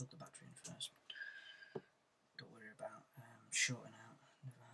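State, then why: Not seated. During reassembly of an iPhone 5c, a small flex connector, likely the battery's, is being handled toward its socket on the logic board while someone talks. A few brief soft taps are heard around 1.8, 2.4 and 4.5 seconds. The connector has not seated or clicked in yet when the clip ends.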